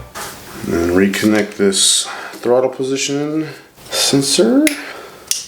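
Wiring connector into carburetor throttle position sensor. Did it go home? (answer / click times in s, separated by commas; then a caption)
yes / 5.3 s. The throttle position sensor wiring connector is pushed back onto the sensor on a Honda CRF carburetor while someone talks. A sharp click at 5.3 s marks the connector seating in place.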